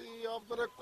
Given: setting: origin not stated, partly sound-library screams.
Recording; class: one-second piece from a danger detection set; normal situation